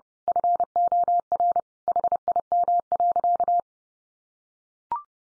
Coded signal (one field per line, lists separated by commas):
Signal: Morse code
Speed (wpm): 30 wpm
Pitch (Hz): 700 Hz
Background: none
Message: FOR HIM.